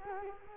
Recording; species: mosquito wingbeat signal from an infrared sensor; Culex quinquefasciatus